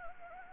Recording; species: mosquito wingbeat signal from an infrared sensor; Anopheles gambiae